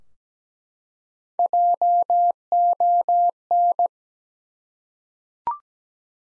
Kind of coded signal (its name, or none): Morse code